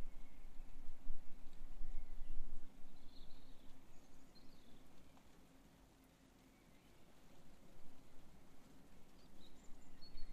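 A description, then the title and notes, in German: A few birds call sparingly, brief bright chirps scattered over a steady low rumble of outdoor background noise. Sonnenaufgang. Die Vögel sind schon eine Stunde vorher wach, allerdings im März noch etwas verhalten.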